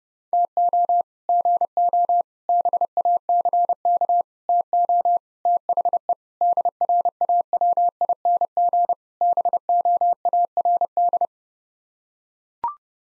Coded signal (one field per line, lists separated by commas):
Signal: Morse code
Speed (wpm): 30 wpm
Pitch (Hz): 700 Hz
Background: none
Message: TO GO BACK TO THE DRAWING BOARD